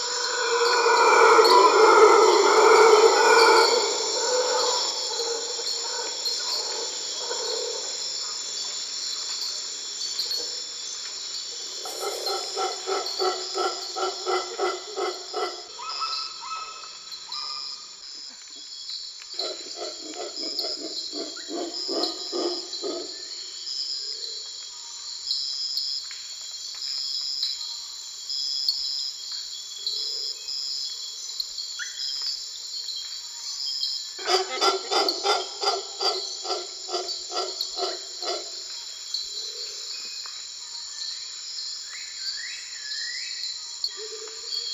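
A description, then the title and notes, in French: Dawn in a Costa Rican forest: a steady high insect drone under bursts of loud, rapid bird calls at the start, around 12, 20 and 35 seconds. L'aube dans la forêt (Costa Rica) by SolWind.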